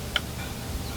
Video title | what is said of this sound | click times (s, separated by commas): ✨ GE GALLERY WASHER WON’T AGITATE - FIXED ✨ | i'm going to just push in until it clicks | 0.2 s